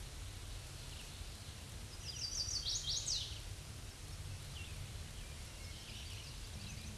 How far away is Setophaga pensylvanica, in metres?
about 15 m